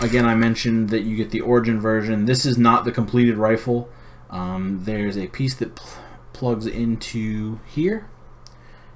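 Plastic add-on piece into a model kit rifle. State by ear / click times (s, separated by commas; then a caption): seated / 8.5 s. A plastic add-on piece is plugged into a model kit's rifle, the Origin version, while someone talks. A short click is heard at 8.5 seconds as the piece locks into place.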